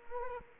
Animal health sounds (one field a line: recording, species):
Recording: mosquito wingbeat signal from an infrared sensor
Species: Culex quinquefasciatus